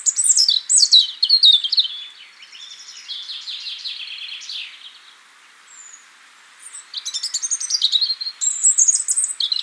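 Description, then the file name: European robin singing loud high warbled notes, then a softer trilling stretch, a pause, and another loud tumbling phrase. "Erithacus rubecula"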